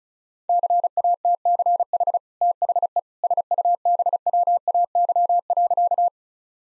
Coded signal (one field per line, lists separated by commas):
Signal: Morse code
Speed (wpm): 34 wpm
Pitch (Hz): 700 Hz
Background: none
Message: CATCH THE SUBWAY.